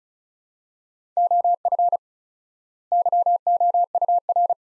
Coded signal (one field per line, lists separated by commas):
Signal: Morse code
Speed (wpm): 36 wpm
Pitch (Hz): 700 Hz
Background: none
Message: OF YOUR